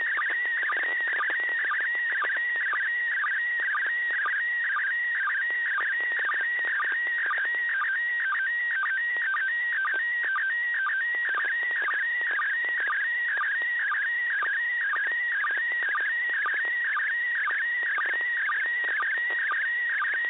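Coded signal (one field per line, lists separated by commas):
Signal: SSTV (slow-scan television)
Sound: steady warbling whistle hopping between pitches, with rapid regular low chirps throughout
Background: radio static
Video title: ISS SSTV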